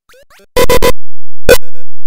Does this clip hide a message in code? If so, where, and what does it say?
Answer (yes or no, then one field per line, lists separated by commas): no